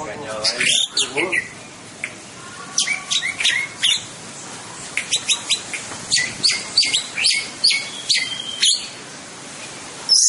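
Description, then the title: Orange-headed thrush song: a rapid, varied run of sharp high chirps, trills and short whistled phrases, delivered in quick bursts with brief pauses. "Anis Merah"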